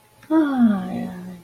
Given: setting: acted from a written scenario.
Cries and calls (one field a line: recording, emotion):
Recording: vocal sound without words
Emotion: contentment